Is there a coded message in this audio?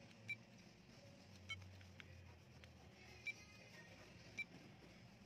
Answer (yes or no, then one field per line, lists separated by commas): no